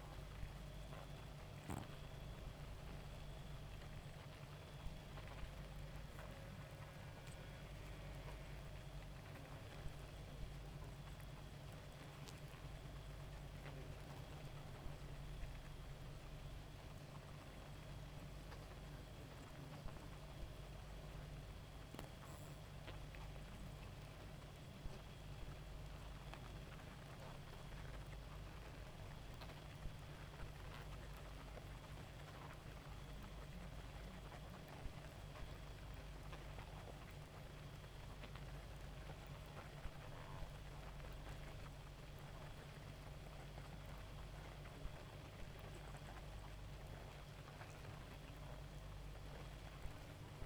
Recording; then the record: honeybee colony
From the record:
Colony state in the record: active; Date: 28 July 2017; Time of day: 1:13